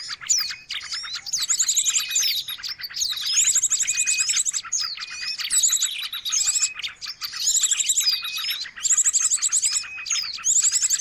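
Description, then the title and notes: Birds in a dense, noisy chorus of sharp chirps, whistled slurs and bursts of rapid high buzzy trills, overlapping almost constantly with brief pauses. Noisy bird chatter used as a lure (pikat) for catching birds. "Master Burung Ribut. Burung Ribut Pikat"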